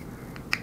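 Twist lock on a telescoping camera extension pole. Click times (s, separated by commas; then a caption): 0.4 s, 0.5 s. The twist lock on a collapsible, telescoping camera extension pole is turned back the other way to unlock it. Against a quiet background, a soft click sounds at 0.4 s and a sharper, louder click at 0.5 s. The lock releases, so the pole can now be collapsed.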